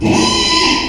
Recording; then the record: squeal of a Yucatan mini pig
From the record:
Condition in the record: after surgery on the right vocal fold (resection and tissue-engineered implant); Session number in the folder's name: 2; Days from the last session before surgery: 13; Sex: male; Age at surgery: 12 weeks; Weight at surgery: 13 kg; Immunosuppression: cyclosporine, prednisolone